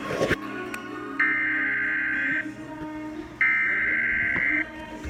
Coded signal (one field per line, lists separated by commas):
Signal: Emergency Alert System (SAME) tones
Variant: header bursts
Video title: Flash Flood Warning EAS #114